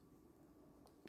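The Magnacut blade of an American Blade Works slipjoint pocket knife with a diamond-milled titanium handle is worked against the backspring in the handle over a steady low background hiss. A faint tick comes at 0.9 s, then a sharp snap at 1.1 s as the blade seats into position.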